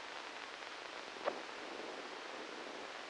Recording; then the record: brain microelectrode recording played as sound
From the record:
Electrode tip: inside the subthalamic nucleus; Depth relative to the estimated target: 1 mm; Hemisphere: left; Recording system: NeuroSet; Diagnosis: Parkinson's disease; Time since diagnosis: 13 years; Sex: male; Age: 63 years